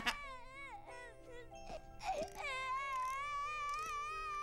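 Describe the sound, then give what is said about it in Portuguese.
A baby boy cries in high, wavering wails that rise and fall, broken by a couple of short sobbing catches before settling into one long, steady, loud cry. “Agora ele está chorando.”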